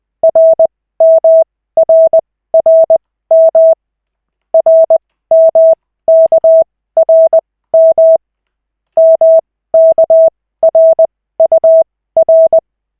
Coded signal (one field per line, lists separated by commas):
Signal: Morse code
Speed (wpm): 20 wpm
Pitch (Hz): 650 Hz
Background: none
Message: RMRRM RMKRM MKRUR